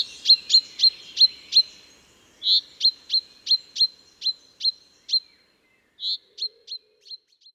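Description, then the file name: Common chaffinch calls: a fast series of sharp, high chip notes, with two softer rounded notes breaking the run, then more chips fading out. "Fringilla coelebs"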